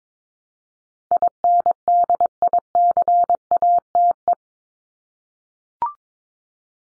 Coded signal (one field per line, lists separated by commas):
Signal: Morse code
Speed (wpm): 22 wpm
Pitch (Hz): 700 Hz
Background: none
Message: INDICATE